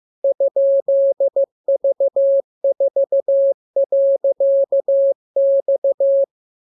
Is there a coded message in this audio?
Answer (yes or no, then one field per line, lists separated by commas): yes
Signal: Morse code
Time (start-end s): 0.2-6.2 s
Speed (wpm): 15 wpm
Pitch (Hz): 550 Hz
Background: none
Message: ?V4.X